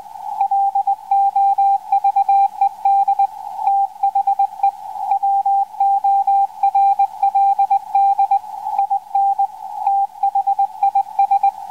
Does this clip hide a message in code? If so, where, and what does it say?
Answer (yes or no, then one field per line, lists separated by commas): yes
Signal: Morse code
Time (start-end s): 0.4-11.5 s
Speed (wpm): 20 wpm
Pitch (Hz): 790 Hz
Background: radio noise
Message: LOVED THE WORLD IN THIS